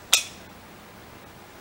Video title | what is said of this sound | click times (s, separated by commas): Popup portals | and it will click in | 0.1 s